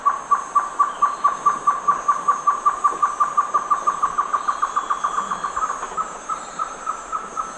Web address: Natures Songs S America Eastern Lowlands Great Antshrike